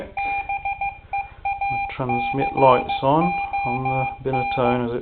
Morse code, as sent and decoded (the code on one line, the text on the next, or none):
-... . .- -.-. --- -.
BEACON